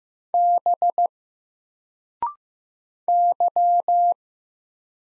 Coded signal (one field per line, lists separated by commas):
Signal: Morse code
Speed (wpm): 15 wpm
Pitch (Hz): 700 Hz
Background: none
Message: B Y